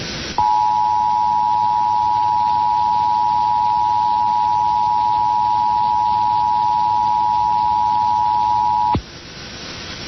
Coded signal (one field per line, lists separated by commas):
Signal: Emergency Alert System (SAME) tones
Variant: 853 and 960 Hz attention tone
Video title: 2011 National EAS test fail on WCCO